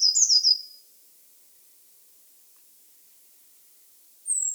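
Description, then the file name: Eurasian blue tit calls, a high thin phrase sliding down into a short rapid trill, then silence until another high note begins at the very end. "Cyanistes caeruleus"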